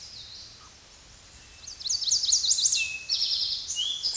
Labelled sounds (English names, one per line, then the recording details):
Eastern Towhee song
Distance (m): 5 m
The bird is about 5 m above the microphone
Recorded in a Pennsylvania forest on 16 May 2024 at 06:06
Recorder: AudioMoth, point MSD-0627
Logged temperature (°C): 14.8 °C
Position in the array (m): 108 m, 6 m